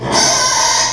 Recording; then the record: squeal of a Yucatan mini pig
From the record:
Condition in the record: before surgery on the right vocal fold (resection and tissue-engineered implant); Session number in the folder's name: 2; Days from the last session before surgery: 0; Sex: male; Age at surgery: 12 weeks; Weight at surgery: 13 kg